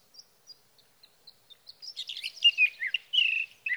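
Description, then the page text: Sage thrasher song that opens with soft, high, evenly spaced notes, then builds into a loud, fast, jumbled warble. Male singing at night near his night roost, three nights from June 12 to June 15, 2018, Sierra Valley, California; captured on a Swift recorder. "61. Sage thrasher songs, through the night."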